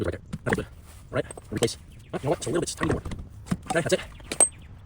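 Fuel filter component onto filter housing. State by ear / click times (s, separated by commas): seated / 4.4 s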